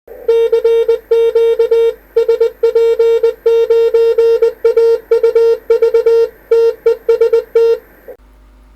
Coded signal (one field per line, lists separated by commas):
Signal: Morse code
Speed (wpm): 20 wpm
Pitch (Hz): 460 Hz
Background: none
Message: CQ SP9AUV TEST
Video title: MODEM FOR TRANSCEIVER HAM-RADIO FOR CAT AND DIGITAL DOUBLE MAGNETICALLY INSULATED WITH OPTOISOLATORS